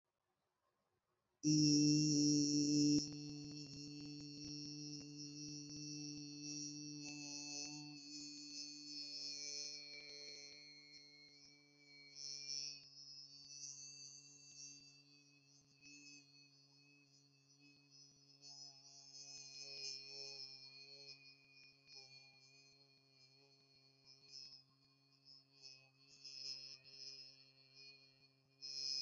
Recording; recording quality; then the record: sustained vowel as in beet; excellent, no background noise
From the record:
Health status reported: healthy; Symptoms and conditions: none ticked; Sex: male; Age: 21 years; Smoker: not ticked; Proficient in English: no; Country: India